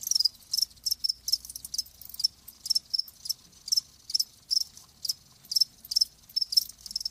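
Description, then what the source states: Cricket chirps: short, high, buzzy bursts repeated several times a second with small tonal accents. Live crickets chirping with a lulling song.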